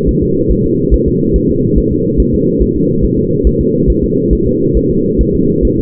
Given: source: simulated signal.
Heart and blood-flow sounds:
fetal heart sounds
0.09 s: S1
0.23 s: S2
0.52 s: S1
0.66 s: S2
0.94 s: S1
1.08 s: S2
1.36 s: S1
1.50 s: S2
1.78 s: S1
1.92 s: S2
2.20 s: S1
2.34 s: S2
2.62 s: S1
2.77 s: S2
3.04 s: S1
3.19 s: S2
3.47 s: S1
3.61 s: S2
3.90 s: S1
4.04 s: S2
4.33 s: S1
4.47 s: S2
4.77 s: S1
4.91 s: S2
5.21 s: S1
5.35 s: S2
5.65 s: S1
5.79 s: S2
From the record:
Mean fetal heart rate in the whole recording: 140 bpm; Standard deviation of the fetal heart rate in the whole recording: 2 bpm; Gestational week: 34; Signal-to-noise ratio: -11.2 dB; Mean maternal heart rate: 72 bpm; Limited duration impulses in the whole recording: present

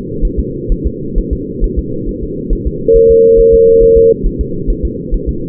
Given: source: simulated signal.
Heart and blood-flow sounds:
fetal heart sounds
0.25 s: S1
0.39 s: S2
0.72 s: S1
0.86 s: S2
1.18 s: S1
1.33 s: S2
1.64 s: S1
1.79 s: S2
2.09 s: S1
2.23 s: S2
2.53 s: S1
2.67 s: S2
2.96 s: S1
3.11 s: S2
3.39 s: S1
3.54 s: S2
3.83 s: S1
3.98 s: S2
4.26 s: S1
4.41 s: S2
4.70 s: S1
4.85 s: S2
5.14 s: S1
5.29 s: S2
From the record:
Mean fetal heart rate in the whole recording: 130 bpm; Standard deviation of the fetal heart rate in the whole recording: 4 bpm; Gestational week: 38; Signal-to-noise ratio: -6.6 dB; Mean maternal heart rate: 72 bpm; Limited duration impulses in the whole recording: present

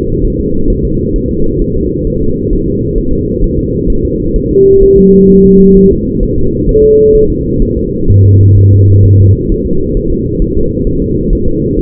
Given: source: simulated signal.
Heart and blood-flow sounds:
fetal heart sounds
0.25 s: S1
0.39 s: S2
0.70 s: S1
0.85 s: S2
1.16 s: S1
1.31 s: S2
1.62 s: S1
1.77 s: S2
2.07 s: S1
2.22 s: S2
2.53 s: S1
2.68 s: S2
2.98 s: S1
3.13 s: S2
3.44 s: S1
3.59 s: S2
3.90 s: S1
4.05 s: S2
4.36 s: S1
4.51 s: S2
4.83 s: S1
4.98 s: S2
5.30 s: S1
5.45 s: S2
5.77 s: S1
5.92 s: S2
6.23 s: S1
6.38 s: S2
6.69 s: S1
6.84 s: S2
7.15 s: S1
7.30 s: S2
7.62 s: S1
7.77 s: S2
8.10 s: S1
8.25 s: S2
8.58 s: S1
8.73 s: S2
9.05 s: S1
9.20 s: S2
9.52 s: S1
9.66 s: S2
9.97 s: S1
10.12 s: S2
10.42 s: S1
10.57 s: S2
10.87 s: S1
11.02 s: S2
11.33 s: S1
11.48 s: S2
11.79 s: S1
From the record:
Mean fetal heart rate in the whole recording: 130 bpm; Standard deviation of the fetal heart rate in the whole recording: 4 bpm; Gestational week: 38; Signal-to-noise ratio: -16.4 dB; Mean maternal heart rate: 72 bpm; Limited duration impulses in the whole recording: present

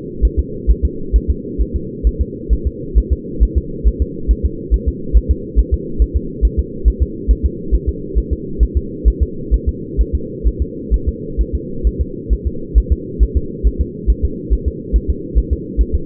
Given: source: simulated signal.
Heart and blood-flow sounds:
fetal heart sounds
0.25 s: S1
0.39 s: S2
0.71 s: S1
0.85 s: S2
1.16 s: S1
1.30 s: S2
1.61 s: S1
1.76 s: S2
2.07 s: S1
2.21 s: S2
2.53 s: S1
2.67 s: S2
2.98 s: S1
3.13 s: S2
3.43 s: S1
3.58 s: S2
3.88 s: S1
4.02 s: S2
4.31 s: S1
4.45 s: S2
4.74 s: S1
4.88 s: S2
5.17 s: S1
5.31 s: S2
5.59 s: S1
5.74 s: S2
6.02 s: S1
6.16 s: S2
6.45 s: S1
6.59 s: S2
6.88 s: S1
7.02 s: S2
7.31 s: S1
7.45 s: S2
7.75 s: S1
7.89 s: S2
8.18 s: S1
8.33 s: S2
8.63 s: S1
8.77 s: S2
9.08 s: S1
9.22 s: S2
9.54 s: S1
9.69 s: S2
10.01 s: S1
10.15 s: S2
10.47 s: S1
10.62 s: S2
10.94 s: S1
11.08 s: S2
11.41 s: S1
11.55 s: S2
11.87 s: S1
12.01 s: S2
12.33 s: S1
12.47 s: S2
12.78 s: S1
12.92 s: S2
13.23 s: S1
13.37 s: S2
13.67 s: S1
13.81 s: S2
14.10 s: S1
14.25 s: S2
14.53 s: S1
14.68 s: S2
14.96 s: S1
15.10 s: S2
15.38 s: S1
15.53 s: S2
15.81 s: S1
15.95 s: S2
From the record:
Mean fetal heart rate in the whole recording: 135 bpm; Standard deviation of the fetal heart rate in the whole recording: 3 bpm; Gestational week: 34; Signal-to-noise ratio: -4.3 dB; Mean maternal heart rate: 72 bpm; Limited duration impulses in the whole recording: absent

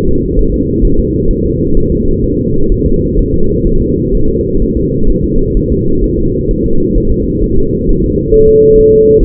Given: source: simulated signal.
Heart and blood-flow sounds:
fetal heart sounds
0.09 s: S2
0.39 s: S1
0.54 s: S2
0.85 s: S1
1.00 s: S2
1.31 s: S1
1.46 s: S2
1.77 s: S1
1.92 s: S2
2.24 s: S1
2.39 s: S2
2.72 s: S1
2.86 s: S2
3.19 s: S1
3.34 s: S2
3.67 s: S1
3.82 s: S2
4.15 s: S1
4.29 s: S2
4.62 s: S1
4.77 s: S2
5.10 s: S1
5.24 s: S2
5.57 s: S1
5.72 s: S2
6.04 s: S1
6.19 s: S2
6.51 s: S1
6.66 s: S2
6.98 s: S1
7.12 s: S2
7.44 s: S1
7.58 s: S2
7.89 s: S1
8.04 s: S2
8.34 s: S1
8.49 s: S2
8.79 s: S1
8.93 s: S2
9.23 s: S1
From the record:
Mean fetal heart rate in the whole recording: 130 bpm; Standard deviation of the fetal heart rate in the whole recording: 4 bpm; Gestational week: 38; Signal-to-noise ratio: -17.7 dB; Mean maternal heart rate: 72 bpm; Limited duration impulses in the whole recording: present

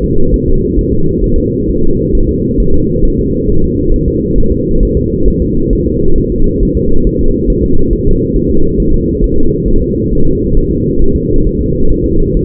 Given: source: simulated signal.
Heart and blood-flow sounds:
fetal heart sounds
0.04 s: S2
0.34 s: S1
0.48 s: S2
0.79 s: S1
0.93 s: S2
1.24 s: S1
1.38 s: S2
1.69 s: S1
1.83 s: S2
2.15 s: S1
2.29 s: S2
2.60 s: S1
2.74 s: S2
3.05 s: S1
3.19 s: S2
3.49 s: S1
3.64 s: S2
3.94 s: S1
4.08 s: S2
4.38 s: S1
4.52 s: S2
4.83 s: S1
4.97 s: S2
5.28 s: S1
5.42 s: S2
5.73 s: S1
5.87 s: S2
6.18 s: S1
6.32 s: S2
6.63 s: S1
6.77 s: S2
7.07 s: S1
7.21 s: S2
7.50 s: S1
7.64 s: S2
7.93 s: S1
8.07 s: S2
8.36 s: S1
8.50 s: S2
8.80 s: S1
8.94 s: S2
9.24 s: S1
9.38 s: S2
9.68 s: S1
9.82 s: S2
10.13 s: S1
10.27 s: S2
10.57 s: S1
10.71 s: S2
11.02 s: S1
11.16 s: S2
11.47 s: S1
11.61 s: S2
11.91 s: S1
12.06 s: S2
12.37 s: S1
From the record:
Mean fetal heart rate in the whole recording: 135 bpm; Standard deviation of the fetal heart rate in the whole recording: 3 bpm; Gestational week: 36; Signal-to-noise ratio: -19.1 dB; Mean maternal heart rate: 72 bpm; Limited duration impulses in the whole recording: present

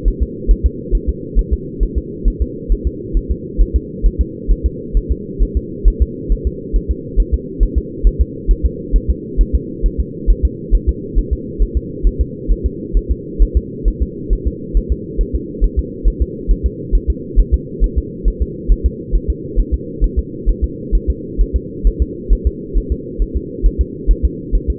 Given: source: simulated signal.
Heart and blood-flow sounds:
fetal heart sounds
0.08 s: S1
0.23 s: S2
0.51 s: S1
0.66 s: S2
0.95 s: S1
1.09 s: S2
1.39 s: S1
1.53 s: S2
1.83 s: S1
1.98 s: S2
2.28 s: S1
2.42 s: S2
2.72 s: S1
2.87 s: S2
3.17 s: S1
3.31 s: S2
3.61 s: S1
3.76 s: S2
4.06 s: S1
4.21 s: S2
4.52 s: S1
4.66 s: S2
4.97 s: S1
5.11 s: S2
5.43 s: S1
5.57 s: S2
5.88 s: S1
6.02 s: S2
6.32 s: S1
6.47 s: S2
6.76 s: S1
6.91 s: S2
7.20 s: S1
7.34 s: S2
7.63 s: S1
7.78 s: S2
8.07 s: S1
8.21 s: S2
8.51 s: S1
8.66 s: S2
8.96 s: S1
9.10 s: S2
9.41 s: S1
9.55 s: S2
9.86 s: S1
10.00 s: S2
10.30 s: S1
10.45 s: S2
10.75 s: S1
10.89 s: S2
11.18 s: S1
11.33 s: S2
11.62 s: S1
11.77 s: S2
12.07 s: S1
12.21 s: S2
12.52 s: S1
12.66 s: S2
12.97 s: S1
13.11 s: S2
13.42 s: S1
13.57 s: S2
13.88 s: S1
14.02 s: S2
14.33 s: S1
14.47 s: S2
14.77 s: S1
14.92 s: S2
15.21 s: S1
15.35 s: S2
15.64 s: S1
15.79 s: S2
16.08 s: S1
16.22 s: S2
16.51 s: S1
16.66 s: S2
16.95 s: S1
17.10 s: S2
17.40 s: S1
17.54 s: S2
17.84 s: S1
17.98 s: S2
18.28 s: S1
18.42 s: S2
18.72 s: S1
18.86 s: S2
19.16 s: S1
19.30 s: S2
19.60 s: S1
19.74 s: S2
20.04 s: S1
20.19 s: S2
20.49 s: S1
20.64 s: S2
20.95 s: S1
21.10 s: S2
21.41 s: S1
21.56 s: S2
21.87 s: S1
22.02 s: S2
22.33 s: S1
22.47 s: S2
22.77 s: S1
22.92 s: S2
23.22 s: S1
23.36 s: S2
23.66 s: S1
23.81 s: S2
24.11 s: S1
24.25 s: S2
24.55 s: S1
24.70 s: S2
From the record:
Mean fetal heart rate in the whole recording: 135 bpm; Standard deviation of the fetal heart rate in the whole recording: 3 bpm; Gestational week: 36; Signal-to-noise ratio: -4.1 dB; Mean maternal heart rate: no maternal heart sound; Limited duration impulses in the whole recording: absent

